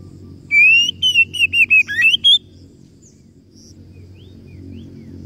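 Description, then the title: Oriental magpie-robin giving one quick phrase of several rising and falling whistled notes, then near quiet apart from a few faint notes over low background noise. Masteran (training recording) meant to provoke kacer into gacor (full, active singing); described as successful, the bird going on to become a contest champion. "Masteran Kacer Yang Sukses Memancing Kacer Gacor Sampai Jadi Juara"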